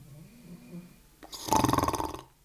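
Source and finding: Dog. Snoring.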